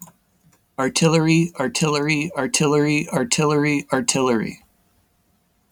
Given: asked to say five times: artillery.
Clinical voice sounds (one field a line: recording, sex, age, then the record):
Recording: repeated word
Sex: male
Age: 30 to 39 years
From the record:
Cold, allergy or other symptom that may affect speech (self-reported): no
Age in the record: 37 years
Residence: New York, United States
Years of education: 12